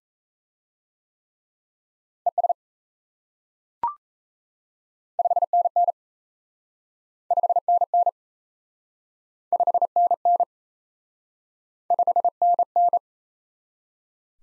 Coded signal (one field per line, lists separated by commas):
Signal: Morse code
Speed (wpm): 37 wpm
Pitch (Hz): 700 Hz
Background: none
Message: ES 5NN 5NN 5NN 5NN